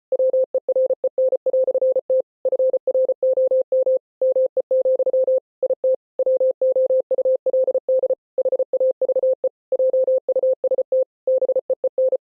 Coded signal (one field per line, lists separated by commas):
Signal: Morse code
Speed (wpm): 33 wpm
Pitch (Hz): 520 Hz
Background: none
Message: WEREN"T FROM ME, IT WOULD HAVE JUST BEEN